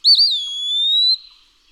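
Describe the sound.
Eastern wood-pewee gives a single sweet whistled pee-a-wee phrase, a short wavering start followed by a long slurred note that climbs slightly at the end.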